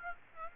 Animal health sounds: mosquito wingbeat signal from an infrared sensor; Aedes aegypti

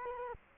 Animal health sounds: mosquito wingbeat signal from an infrared sensor; Culex quinquefasciatus

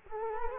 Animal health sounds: mosquito wingbeat signal from an infrared sensor; Culex quinquefasciatus

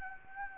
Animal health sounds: mosquito wingbeat signal from an infrared sensor; Anopheles arabiensis

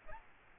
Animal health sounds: mosquito wingbeat signal from an infrared sensor; Aedes albopictus

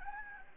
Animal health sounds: mosquito wingbeat signal from an infrared sensor; Anopheles gambiae

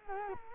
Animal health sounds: mosquito wingbeat signal from an infrared sensor; Culex quinquefasciatus

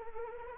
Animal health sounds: mosquito wingbeat signal from an infrared sensor; Anopheles arabiensis

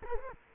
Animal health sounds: mosquito wingbeat signal from an infrared sensor; Culex quinquefasciatus

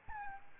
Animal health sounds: mosquito wingbeat signal from an infrared sensor; Aedes albopictus

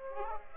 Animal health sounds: mosquito wingbeat signal from an infrared sensor; Culex pipiens

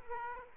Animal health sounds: mosquito wingbeat signal from an infrared sensor; Aedes aegypti

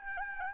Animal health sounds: mosquito wingbeat signal from an infrared sensor; Aedes albopictus

